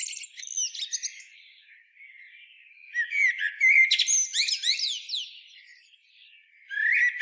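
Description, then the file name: Eurasian blackbird song: bursts of fluting notes mixed with high, sharp squeaks, separated by short pauses. "Turdus merula"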